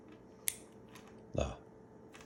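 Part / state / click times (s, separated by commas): reinstalled drivetrain part (chain or wheel axle) going onto a BMX bike frame or sprocket / seated / 0.5 s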